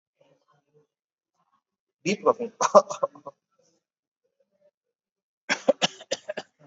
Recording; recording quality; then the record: heavy voluntary cough; excellent, no background noise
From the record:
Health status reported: COVID-19 positive, mild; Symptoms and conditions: cough, cold, breathing difficulty, sore throat, fever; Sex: male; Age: 70 years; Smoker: not ticked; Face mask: worn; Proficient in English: yes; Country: India